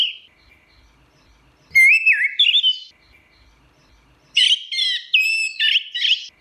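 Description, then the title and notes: Orange-headed thrush song: two clear, melodic phrases of whistled, slurred notes, the second longer and more varied, separated by a quiet pause. Singing in the ngeplong style; a master recording used for training birds. "Suara Burung Anis Merah Ngeplong. Masteran Anis Kembang"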